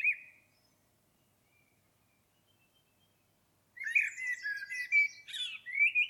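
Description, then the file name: Common blackbird song: a short fluty note, a pause of a few seconds, then a warbled phrase mixed with squeaky high twittering. "Turdus merula"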